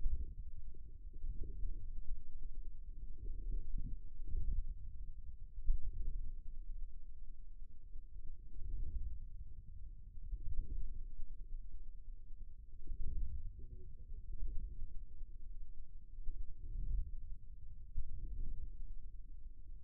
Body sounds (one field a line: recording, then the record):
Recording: forearm muscle sounds (acoustic myography)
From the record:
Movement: inward rotation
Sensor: system 2, bracelet of six BSWA MPA416 microphones around the upper forearm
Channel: 3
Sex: male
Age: 22 years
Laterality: right